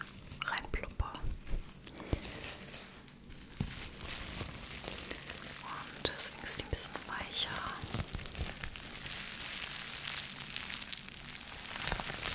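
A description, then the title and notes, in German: Plastic bags and foil crinkle and rustle in dense, irregular bursts, with sharp crackles scattered throughout and a brief lull around three seconds. Crinkle Sounds. Knistern und Rascheln durch Tüten, Folien und mehr.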